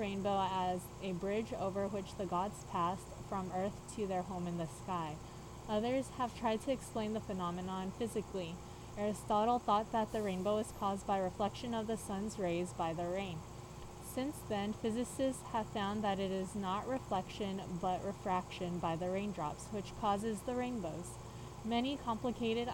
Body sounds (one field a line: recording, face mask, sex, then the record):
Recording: reading aloud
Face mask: surgical mask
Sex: female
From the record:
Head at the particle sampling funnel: tilted up or above it, chin in front of it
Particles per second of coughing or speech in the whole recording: 0.0109